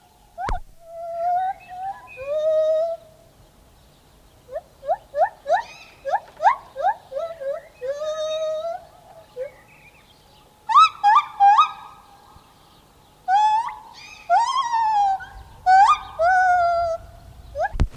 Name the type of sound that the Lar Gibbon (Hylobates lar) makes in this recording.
song